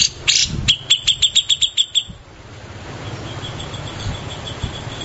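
Grey-cheeked Bulbul giving a quick series of high, evenly spaced chips, followed by fainter repeated notes and low background noise.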